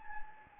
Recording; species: mosquito wingbeat signal from an infrared sensor; Anopheles gambiae